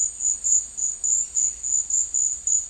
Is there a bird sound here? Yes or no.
no